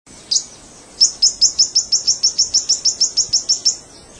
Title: LuckyPassaro Completos2Sama. Yellow-lored Tody-Flycatcher (Todirostrum poliocephalum)